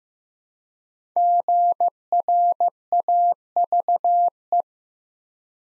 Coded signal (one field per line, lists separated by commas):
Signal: Morse code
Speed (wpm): 15 wpm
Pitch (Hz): 700 Hz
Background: none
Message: GRAVE